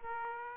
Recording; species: mosquito wingbeat signal from an infrared sensor; Aedes aegypti